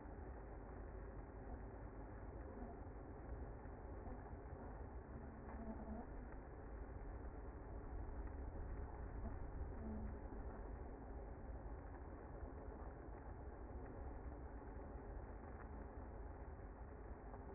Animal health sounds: honeybee colony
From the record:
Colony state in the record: active

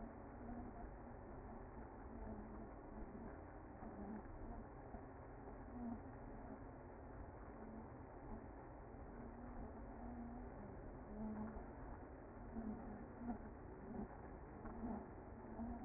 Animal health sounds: honeybee colony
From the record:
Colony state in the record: active

